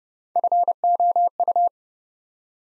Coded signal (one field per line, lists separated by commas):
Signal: Morse code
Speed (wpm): 30 wpm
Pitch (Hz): 700 Hz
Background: none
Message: FOU